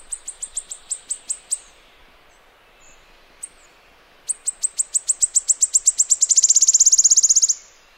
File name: woodwarbler